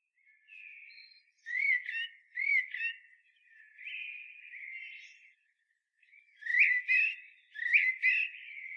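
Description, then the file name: Common blackbird producing repeated mellow whistled notes with squeaky high accents, a softer drawn phrase midway, then two more emphatic bursts. "Turdus merula"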